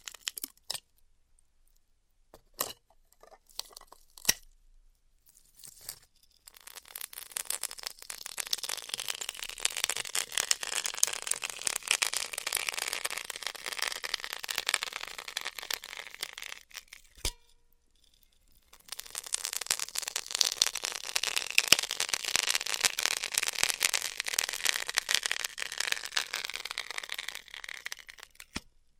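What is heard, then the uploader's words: Styrofoam heat cutting: scattered clicks and short crackles, then two long bursts of dense, bright crackling hiss, roughly 6–17 and 19–29 seconds. ASMR Styrofoam Heat Cutting (No Talking).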